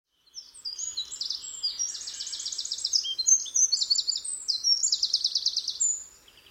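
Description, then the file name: Eurasian wren song, a loud fast outpouring of high warbles and rattling trills running without pause for about six seconds. "Troglodytes troglodytes"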